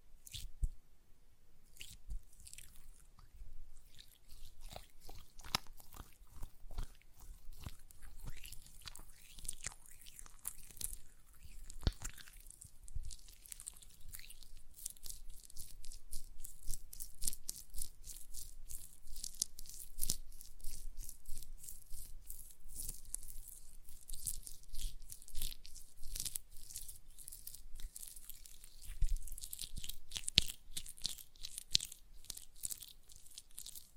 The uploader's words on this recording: ASMR Gel Lotion Hand Sounds (No Talking).